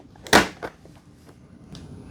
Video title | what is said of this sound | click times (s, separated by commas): Swiffer WetJet Floor Mop & Spray Cleaner REVIEW & UNBOXING | So just push it in until you hear like a clunk. | 0.3 s